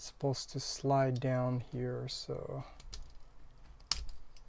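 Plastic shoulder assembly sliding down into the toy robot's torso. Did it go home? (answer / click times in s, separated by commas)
yes / 3.9 s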